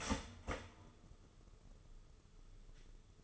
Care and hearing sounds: daily activity, microphone in the room; start toaster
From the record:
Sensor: 4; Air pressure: 995.3 hPa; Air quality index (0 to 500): 215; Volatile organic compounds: 253 ppm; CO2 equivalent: 4368 ppm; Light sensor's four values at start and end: 23/73/27/28 and 24/74/28/29

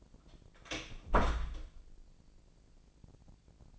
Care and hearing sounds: daily activity, microphone in the room; close door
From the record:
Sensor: 5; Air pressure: 1012.4 hPa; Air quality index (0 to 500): 157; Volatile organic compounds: 2 ppm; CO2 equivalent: 1071 ppm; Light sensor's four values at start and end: 226/550/230/252 and 221/538/225/246

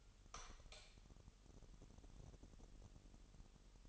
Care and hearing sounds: daily activity, microphone in the room; light on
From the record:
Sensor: 4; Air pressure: 989.2 hPa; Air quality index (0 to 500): 213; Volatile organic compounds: 63 ppm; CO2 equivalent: 3450 ppm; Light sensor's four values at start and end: 25/81/31/31 and 28/93/35/36

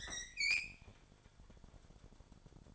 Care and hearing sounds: daily activity, microphone in the room; open fridge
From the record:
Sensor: 5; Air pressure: 1007.9 hPa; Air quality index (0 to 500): 95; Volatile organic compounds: 1 ppm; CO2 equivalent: 746 ppm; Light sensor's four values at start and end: 45/104/44/46 and 47/108/46/48

